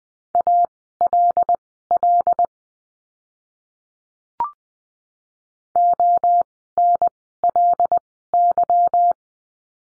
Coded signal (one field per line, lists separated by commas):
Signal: Morse code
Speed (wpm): 20 wpm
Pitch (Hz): 700 Hz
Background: none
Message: ALL ONLY